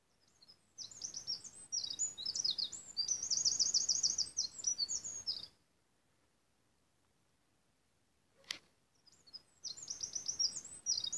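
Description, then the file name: Eurasian wren song: a loud, rapid outpouring of high notes and fast trills lasting about five seconds, a pause, then a second burst begins near the end. "Troglodytes troglodytes"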